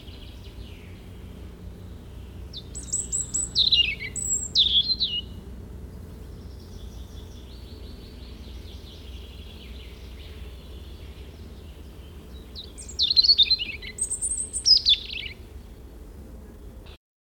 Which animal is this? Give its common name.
European Robin